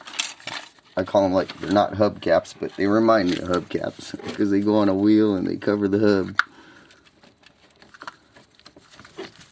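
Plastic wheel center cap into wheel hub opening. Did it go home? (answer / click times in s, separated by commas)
no / none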